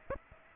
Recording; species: mosquito wingbeat signal from an infrared sensor; Aedes aegypti